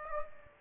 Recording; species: mosquito wingbeat signal from an infrared sensor; Aedes aegypti